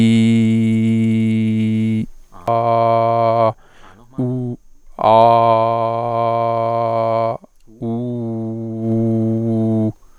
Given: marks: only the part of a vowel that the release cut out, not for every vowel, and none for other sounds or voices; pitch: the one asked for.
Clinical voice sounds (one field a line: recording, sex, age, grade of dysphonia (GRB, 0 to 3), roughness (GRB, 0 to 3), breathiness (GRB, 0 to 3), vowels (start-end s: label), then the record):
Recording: sustained vowels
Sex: male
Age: 40 to 49 years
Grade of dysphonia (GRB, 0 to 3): 1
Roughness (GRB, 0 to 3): 1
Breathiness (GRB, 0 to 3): 0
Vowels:
0.00-1.54 s: vowel /i/, normal pitch
5.42-7.13 s: vowel /a/, normal pitch
9.07-9.79 s: vowel /u/, normal pitch
From the record:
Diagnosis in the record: gastroesophageal reflux disease, contact pachydermia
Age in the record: 43 years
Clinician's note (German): Z.B. verlängerte Schlußphase, beginnende Kontaktpachydermie (Gastrooesophagealer Reflux)